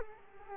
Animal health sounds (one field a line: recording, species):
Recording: mosquito wingbeat signal from an infrared sensor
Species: Culex quinquefasciatus